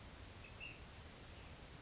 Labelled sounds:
Ash-throated Flycatcher (Myiarchus cinerascens)

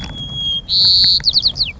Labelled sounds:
White-crowned Sparrow (Zonotrichia leucophrys)

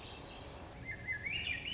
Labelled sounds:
Swainson's Thrush (Catharus ustulatus)

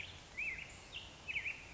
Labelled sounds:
Black-headed Grosbeak (Pheucticus melanocephalus)

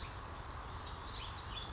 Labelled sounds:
Western Flycatcher (Empidonax difficilis)

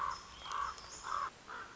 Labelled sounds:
Common Raven (Corvus corax)

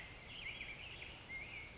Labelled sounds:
Black-headed Grosbeak (Pheucticus melanocephalus)

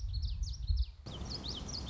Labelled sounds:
Common Yellowthroat (Geothlypis trichas)

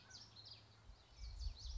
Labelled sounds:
Common Yellowthroat (Geothlypis trichas)

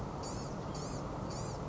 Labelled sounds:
Blue-gray Gnatcatcher (Polioptila caerulea)

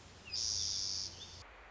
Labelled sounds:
Pacific Wren (Troglodytes pacificus)

